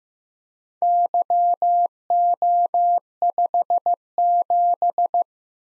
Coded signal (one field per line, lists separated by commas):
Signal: Morse code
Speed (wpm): 15 wpm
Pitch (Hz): 700 Hz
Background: none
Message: YO57